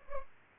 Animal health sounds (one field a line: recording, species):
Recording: mosquito wingbeat signal from an infrared sensor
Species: Culex pipiens